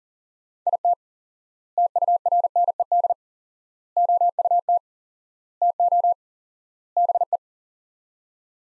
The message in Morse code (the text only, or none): IT TURNED OUT TO BE